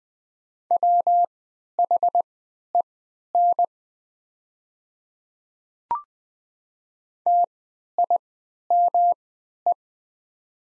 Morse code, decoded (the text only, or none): WHEN TIME